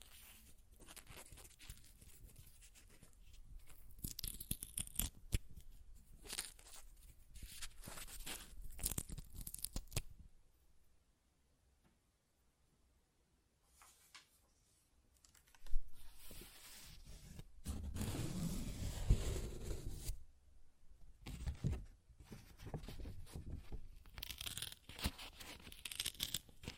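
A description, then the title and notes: Paper is ripped and torn in crackling bursts for ten seconds, then near silence, then louder tearing returns from about sixteen seconds onward. ASMR Paper Ripping Tearing Sounds (No Talking).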